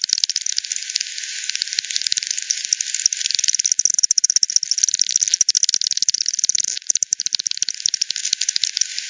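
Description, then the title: Audible-rendered bat echolocation, a rapid stream of overlapping clicks, briefly sparser around the middle before thickening again. Multiple bats by the Hogsmill River at Hogsmill Lane, 7 October 2020 at 18:10; frequency-division bat detector recording (divide by 10), bandpass filtered and resampled. "WW bat 20201007 T 18 : 10 Z-Hogsmill-Lane-Hogsmill-River-multiple-bats"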